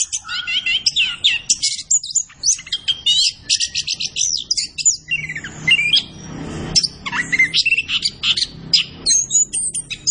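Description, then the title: Orange-headed thrush song of rapid high trills and chips, broken midway by a section of lower slurred notes before the busy chatter resumes. Indonesian songbird-keeping training recording (masteran), bird described as gacor. "Anis Kembang Gacor. Kicau Mania Masteran Anis Kembang"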